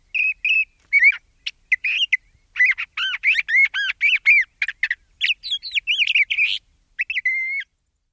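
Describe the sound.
Le Conte's thrasher song: a continuous run of varied, rich whistled and slurred phrases, many arching up and down, delivered in quick bursts with brief pauses, no other sounds.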